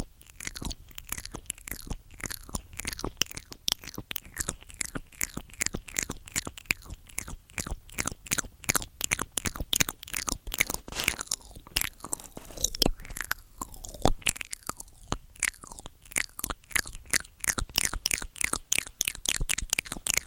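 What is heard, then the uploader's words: Ear eating sounds fill the recording: a dense, rapid run of wet, crunchy mouth clicks and smacks, nearly continuous for the full twenty seconds. The bursts are crisp and bright, arriving in quick irregular clusters with only brief, quieter gaps between them. Simple Ear Eating, Complex Tingels ~ ASMR TASCAM.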